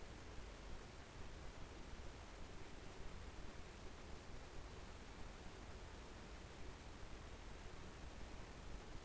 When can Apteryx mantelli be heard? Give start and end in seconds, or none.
none